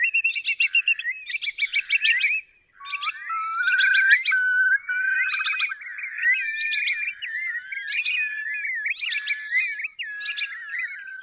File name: tieng chim moc cong bien choat mo cong re mo cong